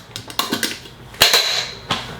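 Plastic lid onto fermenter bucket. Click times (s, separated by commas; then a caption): 0.2 s, 0.4 s, 0.6 s, 1.2 s, 1.9 s. A plastic lid is pressed down around the rim of a fermenter bucket. It gives a series of sharp snaps at about 0.2, 0.4, 0.6, 1.2 and 1.9 seconds, with the loudest at 1.2 seconds. The lid ends up locked on.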